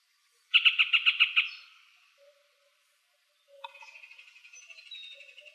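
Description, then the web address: Yellow-breasted Chat song: a rapid burst of several bright clipped notes, a pause, then a long wavering buzzy trill. Arizona Field Ornithologists sound library recording filed under other warblers; apparently recorded 24 April 2004. "Sound Library Other Warblers AZFO YBCH deviche 042404"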